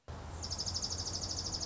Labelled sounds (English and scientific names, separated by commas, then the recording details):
Dark-eyed Junco (Junco hyemalis)
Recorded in Sonoma County, California